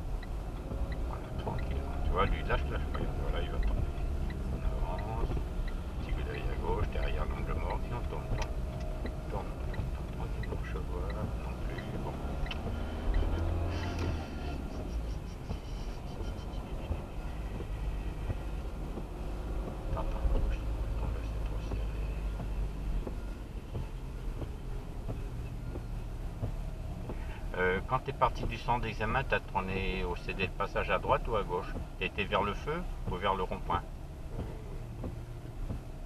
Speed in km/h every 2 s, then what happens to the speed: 19, 16, 17, 16, 15, 19, 23, 24, 26, 28, 26, 22, 19, 16, 17, 16, 15, 16.
0-9 steady at about 16. 9-19 speeds up to 28. 19-26 slows to 16. 26-36 steady at about 16.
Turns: none.